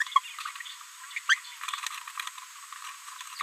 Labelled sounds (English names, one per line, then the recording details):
Green-rumped Parrotlet babbling
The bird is a female
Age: 30 days
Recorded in a nest box in Venezuela
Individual 17B73B3